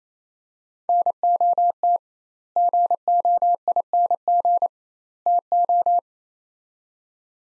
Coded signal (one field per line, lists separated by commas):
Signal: Morse code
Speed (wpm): 27 wpm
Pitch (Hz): 700 Hz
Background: none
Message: NOT GOING TO